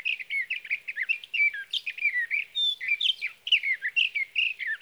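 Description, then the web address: Sage thrasher song: an extended tumbling stream of high, varied warbled notes with occasional clear whistled slurs, running throughout. "birdsongforthecurious Sage Thrasher"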